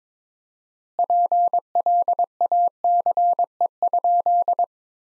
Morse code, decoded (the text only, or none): PLACE?